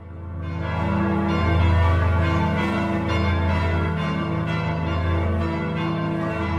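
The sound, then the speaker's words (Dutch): The bells of St. Peter's ring out loudly at Easter after the pope's address and blessing, as the square empties, several heavy bells pealing together in a dense, overlapping wash of deep, humming tones with a steady rolling pulse of strikes, and no voices. “Ja, dit zijn de klokken van de Sint-Pieter.”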